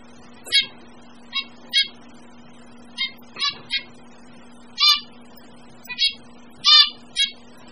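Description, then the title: Bird chirps, short bright notes given singly or in pairs at uneven intervals, about ten in the span, over a steady low hum. Several birds of mixed kinds. "manuk campur"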